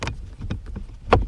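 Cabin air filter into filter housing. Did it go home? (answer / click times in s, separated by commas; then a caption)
yes / 1.1 s. A cabin air filter element on a Mazda 3 is pushed up into its housing behind the glove box, with a series of soft plastic scrapes and taps as it slides in. It clicks into place with a sharp, louder snap at 1.1 s, and it is seated and locked.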